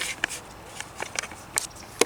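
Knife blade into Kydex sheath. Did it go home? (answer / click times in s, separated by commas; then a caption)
no / none. A fixed-blade knife is being handled with its molded Kydex sheath, producing a few brief, sharp ticks and scrapes at about 0.2, 1.2, 1.6 and 2.0 seconds over a quiet background. The clip ends just before the blade goes home, so nothing has seated or snapped into place yet.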